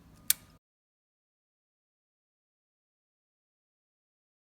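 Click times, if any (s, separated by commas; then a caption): 0.3 s. A large plastic laptop keycap is centred over its plastic Lenovo LC61 / Dell DC57 keyboard hinge clip and pushed down. After a faint low background, one sharp click at 0.3 s marks the keycap snapping into place and seating, and silence follows from about 0.6 s.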